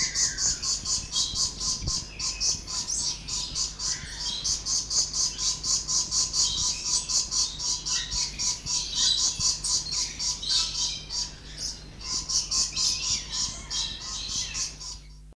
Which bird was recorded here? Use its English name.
Papuan Lorikeet